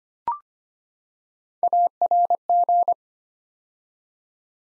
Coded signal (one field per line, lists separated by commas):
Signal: Morse code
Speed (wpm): 25 wpm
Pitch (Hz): 700 Hz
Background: none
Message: ARG